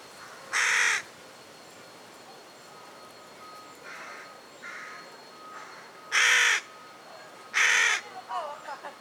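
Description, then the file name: Carrion crow giving harsh, hoarse caws: one early, two loud ones near the end, with fainter calls in between. "Corvus corone"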